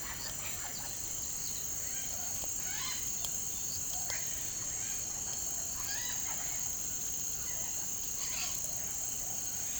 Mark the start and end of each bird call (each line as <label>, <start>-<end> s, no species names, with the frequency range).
bird call (3.0-5.8 kHz), 0.08-1.70 s
bird call (0.3-4.9 kHz), 2.53-3.05 s
bird call (0.6-5.0 kHz), 4.00-4.26 s
bird call (1.2-5.5 kHz), 5.82-6.16 s
bird call (1.0-5.8 kHz), 8.15-8.56 s